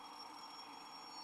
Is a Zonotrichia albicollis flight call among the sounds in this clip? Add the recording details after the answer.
no. No flight call is heard. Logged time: 11:50 on 19 December 2014